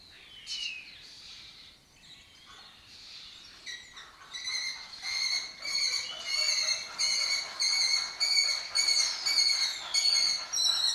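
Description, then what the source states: Lesser kestrel calls: a harsh series of rasping notes with strong harmonics, repeated steadily about twice a second, after softer scattered calls and chirps at the start. Colony of migratory raptors in an abandoned building in Doñana, a breeding area in southern Europe; they forage in West Africa.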